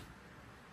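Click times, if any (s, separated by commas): none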